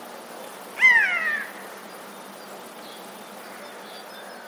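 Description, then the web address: Eurasian jay making one nasal, cat-like mew that falls in pitch and lasts about half a second, then quiet background hiss. Recorded 13 February 2022. "wroblowe ostrzegator sojka"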